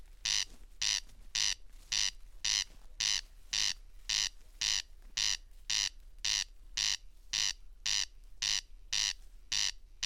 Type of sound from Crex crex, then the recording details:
song. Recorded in the wild. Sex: male. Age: adult. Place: Schwedt/Oder, Nationalpark Unteres Odertal, Brandenburg, DE. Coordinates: 53.0362, 14.2918. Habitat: meadow. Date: 2020-07-08 00:58. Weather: 10°C, 90% humidity, almost windless. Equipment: Edirol R44, Microtech Gefell MK 250/MV220. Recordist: Frommolt, Karl-Heinz